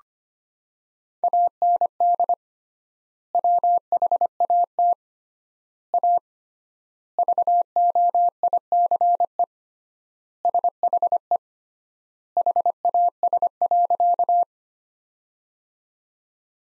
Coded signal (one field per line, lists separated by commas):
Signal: Morse code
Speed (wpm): 25 wpm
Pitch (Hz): 700 Hz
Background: none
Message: AND WHAT A VOICE SHE HAS.